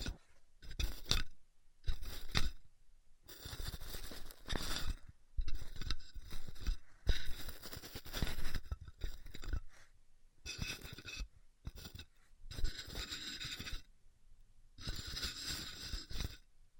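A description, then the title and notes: Styrofoam being heat cut, heard as short bursts of harsh, crackly crunching and squeaking separated by brief silences. Around ten bursts occur over the span, each lasting half a second to two seconds, with a hissy top and some low thumps. ASMR Styrofoam Heat Cutting (No Talking).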